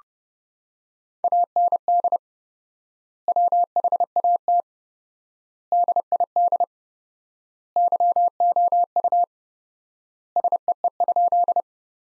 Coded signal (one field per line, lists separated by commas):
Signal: Morse code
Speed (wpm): 32 wpm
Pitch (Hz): 700 Hz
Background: none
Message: AND WHAT DID YOU SEE?